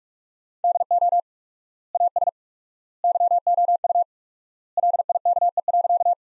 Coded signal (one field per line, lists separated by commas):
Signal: Morse code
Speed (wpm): 47 wpm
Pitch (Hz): 700 Hz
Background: none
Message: DO AS YOU LIKE.